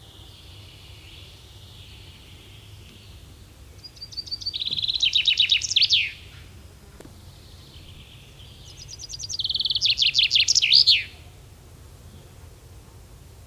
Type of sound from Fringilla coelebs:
song